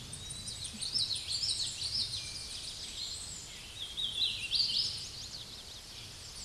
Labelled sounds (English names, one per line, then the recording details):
Hooded Warbler song
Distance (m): 75 m
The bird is about 20 m above the microphone
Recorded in a Pennsylvania forest on 16 May 2024 at 09:48
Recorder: AudioMoth, point MSD-0215
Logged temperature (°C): 16.1 °C
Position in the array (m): -21 m, 165 m